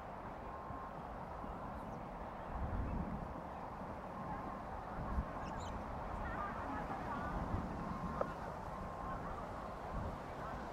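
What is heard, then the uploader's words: A walk counterclockwise around the White House, heard as a steady, dense bed of low rumble and murmuring voices that never lets up. Short sharp knocks stand out near five and eight seconds, with a few faint high chirps around six seconds. Counterclockwise around the White House. A stereo field recording from June 4, 2017 in Washington D.C.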